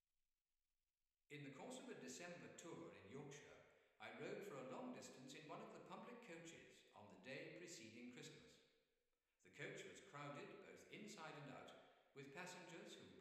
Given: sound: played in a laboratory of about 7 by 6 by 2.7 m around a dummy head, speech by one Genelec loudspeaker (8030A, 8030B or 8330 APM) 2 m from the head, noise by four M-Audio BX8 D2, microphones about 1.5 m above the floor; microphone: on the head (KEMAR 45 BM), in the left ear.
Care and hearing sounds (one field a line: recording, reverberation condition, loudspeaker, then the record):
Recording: male speech in English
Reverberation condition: high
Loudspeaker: 90 degrees to the left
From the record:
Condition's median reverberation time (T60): about 1300 ms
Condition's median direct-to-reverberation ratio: about -4.0 dB